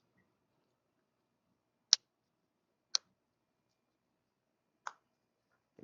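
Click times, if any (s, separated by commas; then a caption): 1.9 s, 3.0 s, 4.9 s. A part clamped onto a small A1 Mini 3D printer is worked and clicks into place with three sharp, distinct clicks at 1.9, 3.0 and 4.9 seconds, each quieter than the one before. The clamped part is seated.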